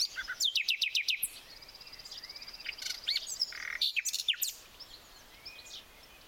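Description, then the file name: Common nightingale song: a burst of loud, rapidly repeated downslurred notes, then varied short chirps and a thin sustained whistle. "Luscinia megarhynchos"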